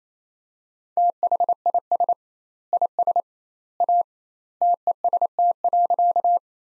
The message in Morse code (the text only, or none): THIS IS A TEST.